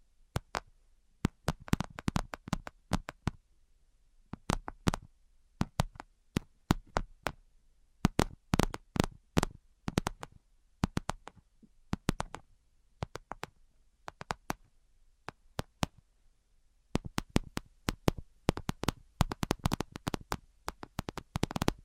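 Crisp tapping in quick bursts, each a cluster of sharp clicks followed by brief pauses. The taps are bright and dry, with a faint low rumble underneath. The clusters pick up in density toward the end, and no voice is heard.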